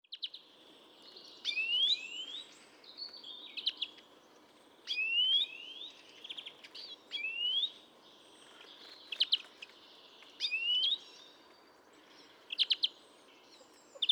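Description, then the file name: European greenfinch repeating sharp chirps and slurred rising wheezy notes in irregular bouts, roughly one burst every few seconds, with soft twittering between. "Chloris chloris"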